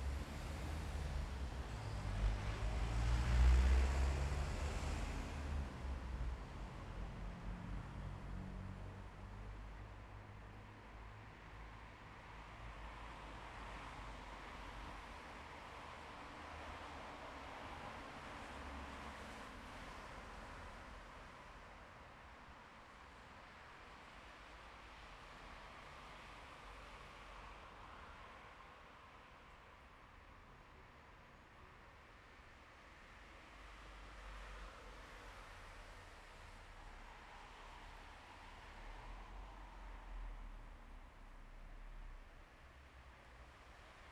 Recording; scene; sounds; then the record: everyday scene through a hearing-aid microphone; in traffic; traffic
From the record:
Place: bus stop on a city main road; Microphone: behind the ear, left, rear